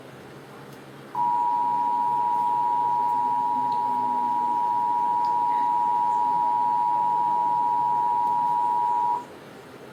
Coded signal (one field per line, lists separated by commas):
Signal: Emergency Alert System (SAME) tones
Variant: 853 and 960 Hz attention tone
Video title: (EAS #113) Real EAS Alert on WOUB PBS (Severe Thunderstorm Warning) (03/07/2026)